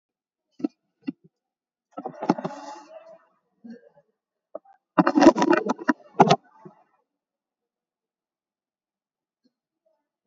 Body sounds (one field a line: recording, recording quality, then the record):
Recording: deep breathing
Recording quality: poor, much background noise or distortion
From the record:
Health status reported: recovered from COVID-19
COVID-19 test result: positive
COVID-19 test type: RT-PCR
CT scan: taken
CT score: 8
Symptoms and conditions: none ticked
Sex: male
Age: 38 years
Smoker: no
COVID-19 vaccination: one dose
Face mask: not worn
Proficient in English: yes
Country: India